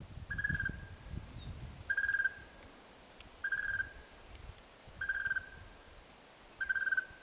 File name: Pogoniulus chrysoconus, roep, heuwelkruin naby Waterberg Natuurpraal